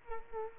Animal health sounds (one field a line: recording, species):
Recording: mosquito wingbeat signal from an infrared sensor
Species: Culex quinquefasciatus